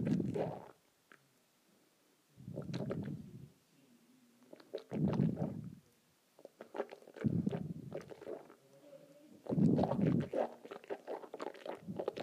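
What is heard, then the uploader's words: Water swishes around in a mouth in low gurgling bursts about every two and a half seconds, with wet clicks between. ASMR Swishing Water in my Mouth.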